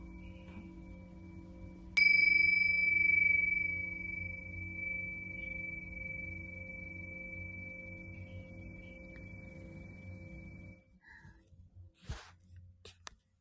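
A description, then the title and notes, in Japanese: A singing bowl is struck at about two seconds, ringing out as a clear, high sustained tone that slowly fades and cuts off near eleven seconds. A low, steady hum runs underneath throughout, and after the tone ends a few sharp clicks and taps are heard. メキシコから おやすみシンギングボウルのサウンドヒーリング。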